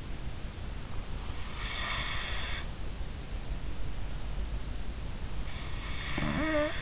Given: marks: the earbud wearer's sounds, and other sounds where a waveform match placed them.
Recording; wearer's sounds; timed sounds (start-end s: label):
sounds in sleep by an in-ear microphone; breath, snoring breath
1.19-2.90 s: breath
5.67-6.82 s: snoring breath